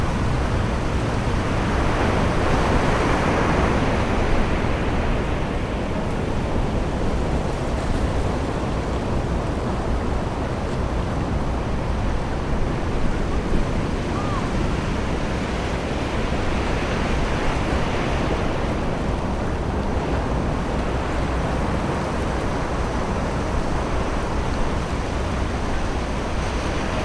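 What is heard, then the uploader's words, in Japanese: Distant waves and wind at a summer beach make a constant, dense wash of rushing noise, heaviest in the low rumble. The surf swells gently louder around the third second and again near eighteen seconds, then settles back, never breaking into separate crashes. 遠くの波と風の優しい交響曲。夏の日のビーチの穏やかな音。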